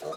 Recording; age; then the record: pig call; piglet (1 to 25 days)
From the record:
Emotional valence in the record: negative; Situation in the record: missed nursing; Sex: male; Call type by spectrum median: low-frequency call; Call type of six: mixed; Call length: 0.18 s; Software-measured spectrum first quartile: 527 Hz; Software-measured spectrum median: 721 Hz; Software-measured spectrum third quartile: 1685 Hz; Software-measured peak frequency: 630 Hz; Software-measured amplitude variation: 123 dB a second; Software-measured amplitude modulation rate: 16.9 a second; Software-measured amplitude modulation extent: 7.3 dB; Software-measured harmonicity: 3.6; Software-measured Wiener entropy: -1.57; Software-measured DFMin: 896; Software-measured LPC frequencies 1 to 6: 575, 1237, 2528, 3769, 5078, 5985 Hz